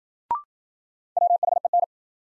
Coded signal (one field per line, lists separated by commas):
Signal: Morse code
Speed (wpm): 53 wpm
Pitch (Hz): 700 Hz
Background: none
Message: WHEN